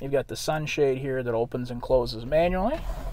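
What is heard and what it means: A man talks throughout as the manual sunshade of the sunroof on a blue steel metallic 2019 GMC Acadia AWD SLE is handled. The sunshade is meant to be pushed by hand until it latches into its closed position in the sunroof frame. Nothing has seated or clicked yet when the clip ends.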